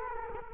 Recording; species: mosquito wingbeat signal from an infrared sensor; Culex quinquefasciatus